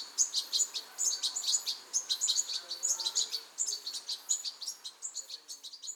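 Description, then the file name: European goldfinch twittering: a steady stream of sharp, high, liquid chips and trills, with faint lower sounds beneath. "Carduelis carduelis"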